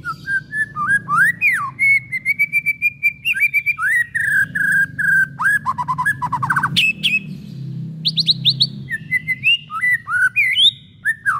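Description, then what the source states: White-rumped shama song of rapid repeated notes, falling slurs and high chirps, over a steady low hum in the background. Long-duration lure call of white-rumped shama song.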